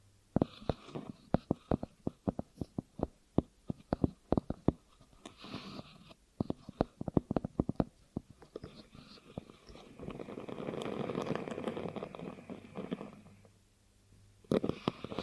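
ASMR ear triggers: rapid, sharp tapping clicks come in dense bursts through the first eight seconds, then give way to a softer, steady crinkling or rubbing texture from about ten to thirteen seconds. A quiet pause follows before a few final crisp taps near the end.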